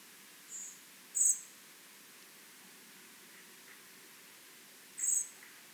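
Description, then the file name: Common blackbird making high, thin calls: a faint note, a strong one just after it, then another after nearly four seconds. Soft hiss runs throughout. "Turdus merula"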